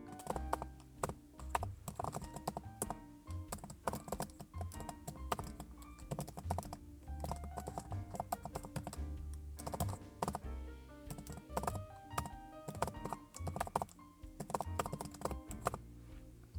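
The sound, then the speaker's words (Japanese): Rapid, continuous typing on a Surface laptop keyboard, crisp clicky keystrokes in quick irregular bursts with brief pauses, steady and fairly loud, no voices. “サーフェイスのキーボード。”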